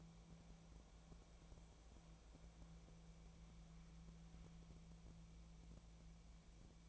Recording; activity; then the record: daily activity, microphone in the room; wipe stove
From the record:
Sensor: 1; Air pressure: 1000.6 hPa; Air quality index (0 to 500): 186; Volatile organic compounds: 5 ppm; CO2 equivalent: 1714 ppm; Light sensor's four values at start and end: 12/28/12/14 and 12/28/12/14